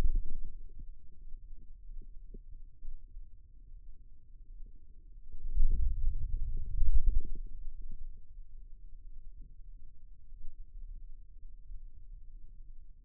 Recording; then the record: forearm muscle sounds (acoustic myography)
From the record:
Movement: ulnar deviation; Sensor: system 2, bracelet of six BSWA MPA416 microphones around the upper forearm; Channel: 4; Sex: male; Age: 22 years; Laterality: right